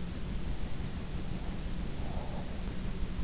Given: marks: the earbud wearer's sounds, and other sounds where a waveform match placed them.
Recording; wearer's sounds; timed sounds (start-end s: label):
sounds in sleep by an in-ear microphone; breath
1.21-3.02 s: breath